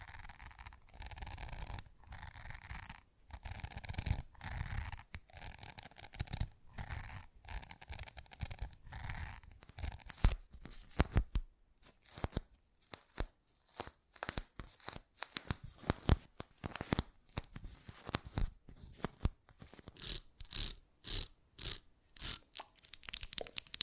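ASMR triggers shift rapidly: dense crinkling and tearing early, then choppy bursts of scratching and snipping with short silent gaps between.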